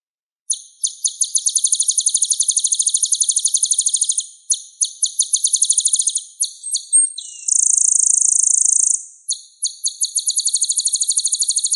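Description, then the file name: Sunbird song: extended high buzzy trills, a squeaky slurred note, a flat, dense, unbroken buzz, then more pulsed trilling. Song used as a lure to draw birds into calling. "suara burung madu untuk memancing bunyi"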